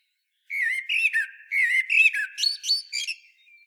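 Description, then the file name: Eurasian blackbird song phrase, a run of mellow fluty warbled notes that climbs into higher, sharper whistles near the end. "Turdus merula"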